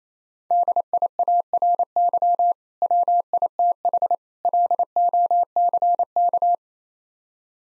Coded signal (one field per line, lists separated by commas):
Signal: Morse code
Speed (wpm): 28 wpm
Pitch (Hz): 700 Hz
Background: none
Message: DIARY WITH LOCK